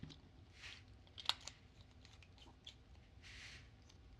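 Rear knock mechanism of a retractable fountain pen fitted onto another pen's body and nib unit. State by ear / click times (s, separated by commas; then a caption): not seated / none. Rear knock parts from another retractable fountain pen are fitted onto a pen body holding a Jinhao nib unit, and the knock is pressed to try to latch the mechanism. Soft handling rustles and faint taps are heard, with the sharpest tap near 1.3 seconds and a few weaker ones around it. Nothing has clicked or latched yet.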